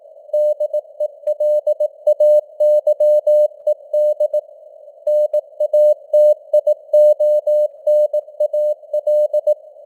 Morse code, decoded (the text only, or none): DELAYED NATIONAL